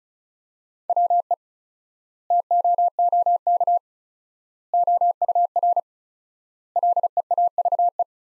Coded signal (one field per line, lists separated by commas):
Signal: Morse code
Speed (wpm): 36 wpm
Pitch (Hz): 700 Hz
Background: none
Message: WE TOOK OUR LEAVE